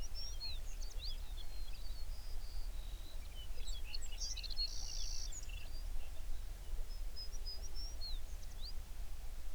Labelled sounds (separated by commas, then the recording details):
songbird
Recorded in the Prudhoe Bay oil fields, Alaska, on 11 June 2019 at 04:46
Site 21